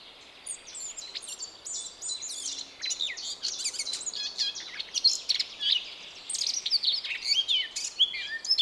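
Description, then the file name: Eurasian blackcap song, a fast, dense warble of scratchy and whistled high notes that grows louder and more varied toward the end, over faint background hiss. "Sylvia atricapilla"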